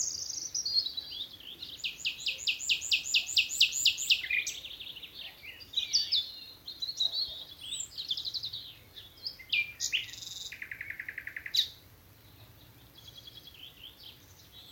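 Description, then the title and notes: Common nightingale singing a long varied phrase: fast repeated pulsed notes, sharp whistles and rattles, then a steady buzzy trill, followed by a quiet pause. Nightingales singing from thickets of a Dorset wood in the evening as dew falls, Alners Gorse nature reserve run by Butterfly Conservation, Dorset. "Sound Escape 11: the glorious song of nightingales from a Dorset wood. it's evening at Alners Gorse, a nature reserve in Dorset run by Butterfly Conservation . As the dew falls, the extraordinary song of nightingales rises from the thickets. BBC Countryfile Magazine"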